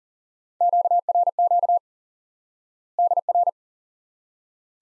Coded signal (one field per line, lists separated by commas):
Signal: Morse code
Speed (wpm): 40 wpm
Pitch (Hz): 700 Hz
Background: none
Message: QRQ DR